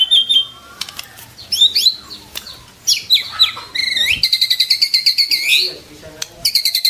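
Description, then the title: White-rumped shama song: thin whistles and chirps building into a fast stuttering buzzy trill, then a short rapid repeated note series. Training recording made for teaching song to caged birds. "MURAI BATU LABAIK"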